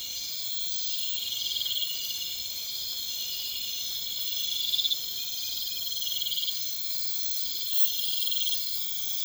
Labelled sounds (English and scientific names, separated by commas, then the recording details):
none
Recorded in pastures near Puerto Asís, Putumayo, Colombia, on 26 December 2024 at 01:00
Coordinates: 0.472, -76.329
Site G072